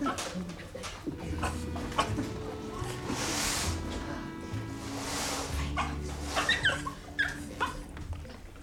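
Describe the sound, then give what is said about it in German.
A dog barks in scattered bursts, then lets out thin, high-pitched whimpers and yips toward the end, over a low steady hum. “Augenblick, ich muss nur erst den Hund versorgen.”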